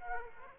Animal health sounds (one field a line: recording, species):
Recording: mosquito wingbeat signal from an infrared sensor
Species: Aedes aegypti